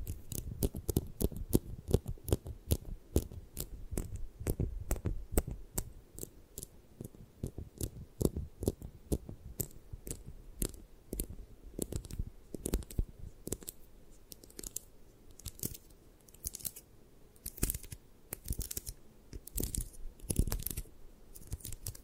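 Tapping and scratching sounds come in quick, uneven bursts of sharp clicks, crowded and heavy for the first eight seconds. After that they thin out into sparser, brighter taps and scrapes with short pauses between them, over a faint low hiss.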